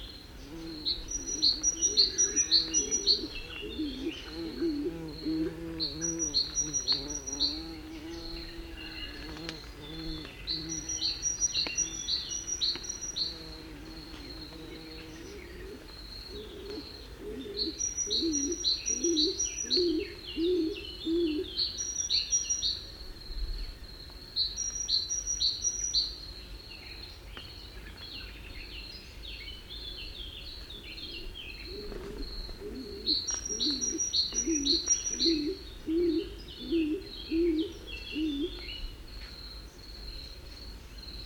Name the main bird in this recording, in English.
Stock Dove